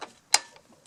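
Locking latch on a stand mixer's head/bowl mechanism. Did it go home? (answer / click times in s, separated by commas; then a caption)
yes / 0.3 s. After the release is pressed and let go, the repaired metal locking latch on the head/bowl mechanism of a Teddy Varimixer W5A stand mixer drops back into its locked position. It gives one sharp, bright metallic click at 0.3 s, with faint soft ticks just before and after. The latch seats cleanly and locks in place.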